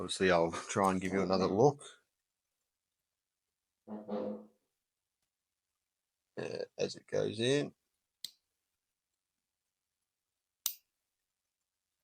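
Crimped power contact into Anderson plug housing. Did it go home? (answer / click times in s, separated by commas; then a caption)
yes / 10.7 s. Someone talks while a second crimped power contact is slid into an Anderson plug housing. A softer tick comes at 8.3 s, then a sharp, louder click at 10.7 s as the contact locks into place, fully seated.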